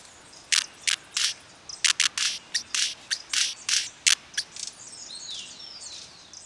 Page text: Talamanca Hummingbird - Eugenes spectabilis. Neotropical Birds - Birds of the World